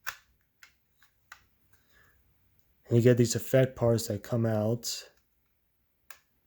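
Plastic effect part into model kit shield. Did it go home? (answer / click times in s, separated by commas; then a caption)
yes / 6.1 s. A plastic effect part is pushed onto the shield of a Figure-rise Standard Amplified Gallantmon/Dukemon model kit, with a few faint plastic taps early on and someone talking in the middle. A single sharp click at 6.1 s marks the effect part seating into place on the shield.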